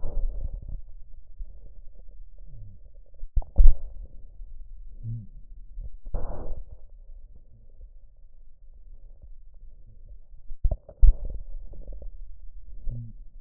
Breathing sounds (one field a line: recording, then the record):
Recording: lung sounds by stethoscope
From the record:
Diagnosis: chronic bronchitis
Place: left posterior upper chest